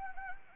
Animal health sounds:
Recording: mosquito wingbeat signal from an infrared sensor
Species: Anopheles arabiensis

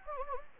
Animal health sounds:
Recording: mosquito wingbeat signal from an infrared sensor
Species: Anopheles gambiae

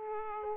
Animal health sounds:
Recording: mosquito wingbeat signal from an infrared sensor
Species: Aedes aegypti

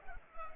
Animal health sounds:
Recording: mosquito wingbeat signal from an infrared sensor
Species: Culex pipiens

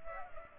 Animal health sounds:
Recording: mosquito wingbeat signal from an infrared sensor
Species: Culex pipiens

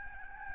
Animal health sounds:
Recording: mosquito wingbeat signal from an infrared sensor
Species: Aedes albopictus

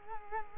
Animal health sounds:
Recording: mosquito wingbeat signal from an infrared sensor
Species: Culex quinquefasciatus

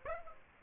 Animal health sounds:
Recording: mosquito wingbeat signal from an infrared sensor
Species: Aedes aegypti

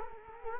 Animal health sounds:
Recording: mosquito wingbeat signal from an infrared sensor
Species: Culex quinquefasciatus

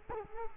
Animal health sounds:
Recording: mosquito wingbeat signal from an infrared sensor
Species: Culex quinquefasciatus

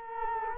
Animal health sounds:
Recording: mosquito wingbeat signal from an infrared sensor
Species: Culex quinquefasciatus

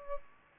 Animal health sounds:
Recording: mosquito wingbeat signal from an infrared sensor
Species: Culex pipiens

